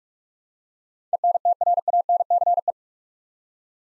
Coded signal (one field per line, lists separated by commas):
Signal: Morse code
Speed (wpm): 42 wpm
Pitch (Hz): 700 Hz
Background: none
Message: ENTRANCE